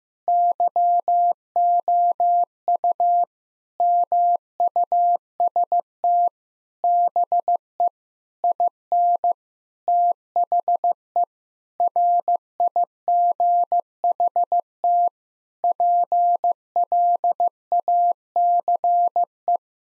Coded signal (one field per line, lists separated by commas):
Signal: Morse code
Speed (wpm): 16 wpm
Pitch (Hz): 700 Hz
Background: none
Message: YOU MUST BE IN THE RIGHT PLACE